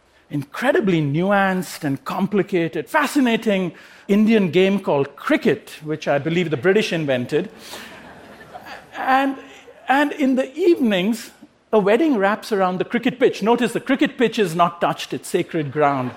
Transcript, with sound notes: incredibly nuanced and complicated, fascinating Indian game, called cricket, which, I believe, the British invented. (Laughter) And in the evenings, a wedding wraps around the cricket pitch -- Notice, the cricket pitch is not touched, it's sacred ground.